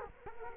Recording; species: mosquito wingbeat signal from an infrared sensor; Culex quinquefasciatus